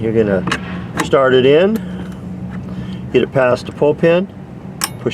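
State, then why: Seated. A front license plate holder is pushed past the spring-loaded pull pin into the bumper-mounted bracket on a 2022-2026 Porsche Macan while someone talks. A low steady hum runs underneath, and a sharp click at 4.8 s marks the holder seating in place.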